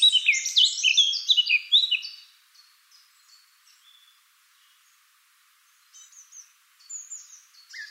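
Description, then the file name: Eurasian blackcap giving a loud, rapid two-second warble of mixed chirps, followed by near silence with a few faint, scattered high notes. "Sylvia atricapilla"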